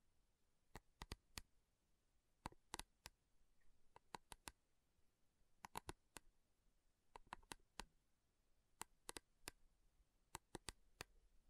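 Slow tapping on metal: sharp, bright clicks come in small irregular clusters of two to four, with short pauses between groups. Each tap is crisp and brief, spread over about a dozen seconds, against a quiet, faint low hiss.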